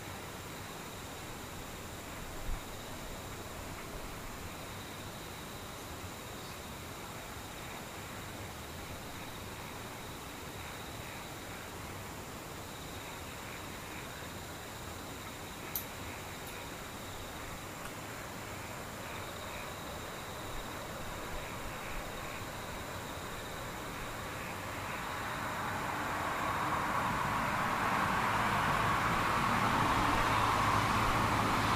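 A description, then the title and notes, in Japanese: A near-silent scene with faint insects in the distance, heard as thin, steady high tones over a soft, even hiss. A couple of small clicks land around 2 and 16 seconds. From about 25 seconds, a rushing, vehicle-like wash swells and stays loud to the end. 無音 遠くにムシ。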